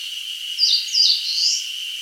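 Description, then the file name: Eastern crowned warbler phrase of quick down-slurred notes followed by a rising, buzzy final note, with a constant high hum behind. "Phylloscopus coronatus"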